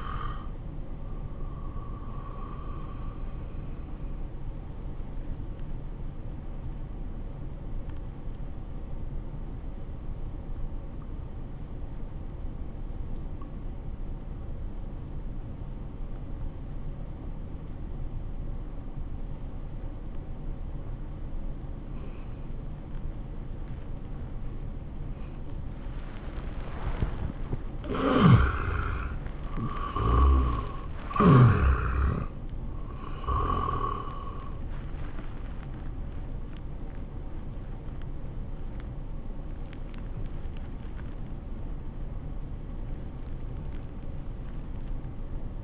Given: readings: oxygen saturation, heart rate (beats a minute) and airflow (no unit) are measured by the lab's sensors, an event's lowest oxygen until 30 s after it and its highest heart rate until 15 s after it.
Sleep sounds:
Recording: breathing in sleep by a smartphone at the bedside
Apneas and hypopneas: 1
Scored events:
9.00-27.80 s: obstructive apnea (N1, oxygen 95% highest, then 77% lowest, heart rate 81 at the start, 95 highest)
From the record:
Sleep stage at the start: N1 (lightest sleep)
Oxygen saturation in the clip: 77 to 95%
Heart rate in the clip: 78 to 95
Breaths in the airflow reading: 4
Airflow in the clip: -15.1 to 12.0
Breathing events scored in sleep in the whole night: 403 in 5.5 hours asleep

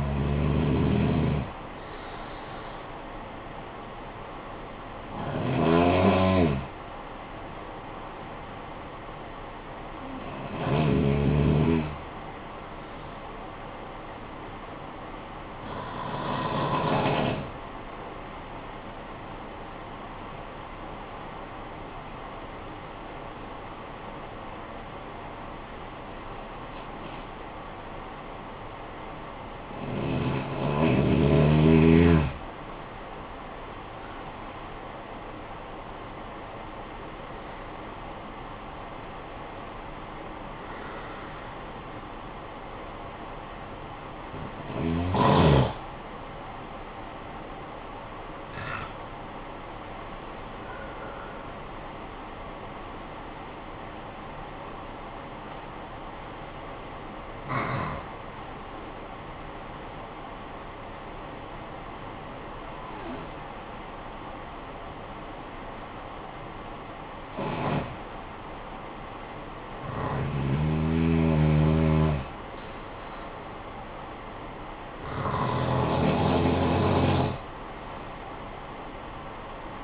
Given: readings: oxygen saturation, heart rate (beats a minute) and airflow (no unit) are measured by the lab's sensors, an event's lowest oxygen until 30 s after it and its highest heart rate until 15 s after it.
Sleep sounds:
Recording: breathing in sleep by a voice recorder at the bedside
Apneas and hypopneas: 2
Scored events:
9.00-30.10 s: hypopnea (N1, oxygen 96% highest, then 87% lowest, heart rate 52 at the start, 63 highest)
13.00-43.00 s: new sleep stage, N2 (light sleep)
43.00-73.00 s: new sleep stage, N1 (lightest sleep)
53.00-72.50 s: hypopnea (N1, oxygen 97% highest, then 91% lowest, heart rate 62 at the start, 62 highest)
73.00-79.84 s: new sleep stage, N2 (light sleep)
From the record:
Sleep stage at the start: N1 (lightest sleep)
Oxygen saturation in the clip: 87 to 97%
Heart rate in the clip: 51 to 67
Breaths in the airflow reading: 15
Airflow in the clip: -14.6 to 11.5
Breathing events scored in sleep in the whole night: 445 in 7.6 hours asleep

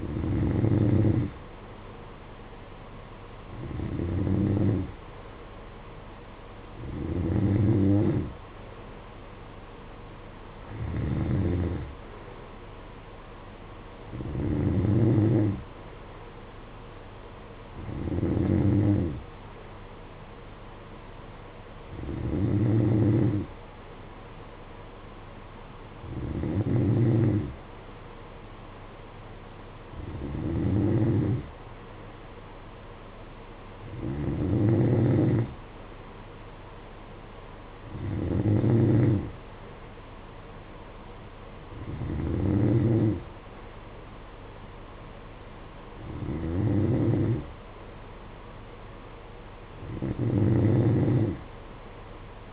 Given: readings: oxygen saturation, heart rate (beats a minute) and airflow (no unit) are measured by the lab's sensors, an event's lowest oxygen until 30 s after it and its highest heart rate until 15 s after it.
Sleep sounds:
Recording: breathing in sleep by a voice recorder at the bedside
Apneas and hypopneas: none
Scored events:
none scored
From the record:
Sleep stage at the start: N2 (light sleep)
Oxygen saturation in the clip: 91 to 92%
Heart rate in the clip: 54 to 58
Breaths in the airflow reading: 14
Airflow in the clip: -10.0 to 6.3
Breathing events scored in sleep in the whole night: 476 in 9.7 hours asleep

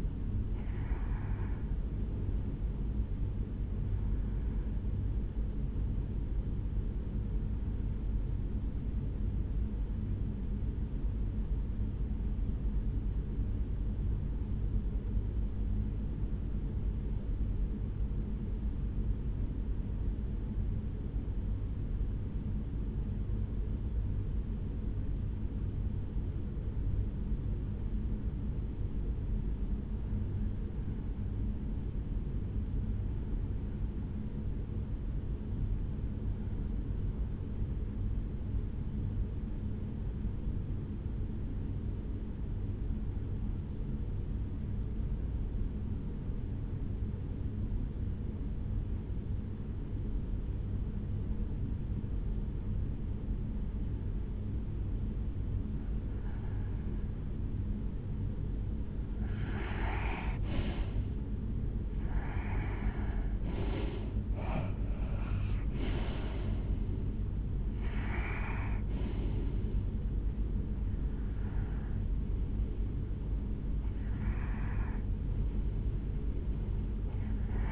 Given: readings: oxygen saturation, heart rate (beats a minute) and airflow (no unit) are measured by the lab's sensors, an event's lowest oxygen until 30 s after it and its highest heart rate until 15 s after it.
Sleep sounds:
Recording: breathing in sleep by a smartphone at the bedside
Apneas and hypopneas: 1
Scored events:
8.00-57.80 s: hypopnea (REM, oxygen 95% highest, then 77% lowest, heart rate 58 at the start, 77 highest)
From the record:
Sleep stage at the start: REM sleep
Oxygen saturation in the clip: 78 to 95%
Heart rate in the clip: 56 to 77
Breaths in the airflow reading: 18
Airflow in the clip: -9.9 to 5.9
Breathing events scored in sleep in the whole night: 449 in 7.0 hours asleep

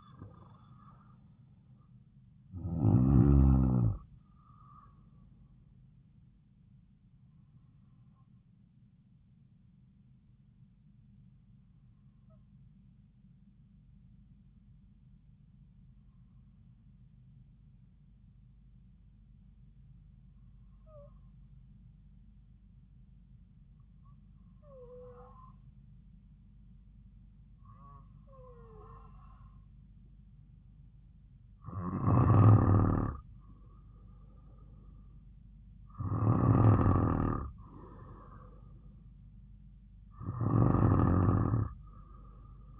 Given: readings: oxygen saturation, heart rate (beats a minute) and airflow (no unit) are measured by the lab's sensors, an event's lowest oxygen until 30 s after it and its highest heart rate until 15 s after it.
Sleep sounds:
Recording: breathing in sleep by a smartphone at the bedside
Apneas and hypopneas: 1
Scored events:
8.00-28.30 s: hypopnea (N2, oxygen 96% highest, then 91% lowest)
From the record:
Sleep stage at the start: N2 (light sleep)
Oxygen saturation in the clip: 91 to 96%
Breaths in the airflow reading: 10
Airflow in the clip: -5.4 to 6.3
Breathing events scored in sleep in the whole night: 270 in 6.1 hours asleep

